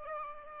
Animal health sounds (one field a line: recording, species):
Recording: mosquito wingbeat signal from an infrared sensor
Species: Aedes albopictus